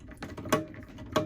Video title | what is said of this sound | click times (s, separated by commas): X tronic 6020 Pro X | you can hear it clicking | 0.5 s, 1.2 s